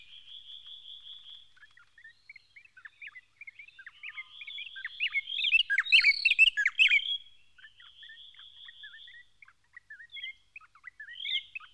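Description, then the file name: White-browed robin-chat song: a soft steady trill, then scattered chips swelling into a loud, rich warbling phrase, and the trill again. "Cossyphe d Heuglin Cossypha heuglini White-Browed robin-chat Weissbrauenrotel"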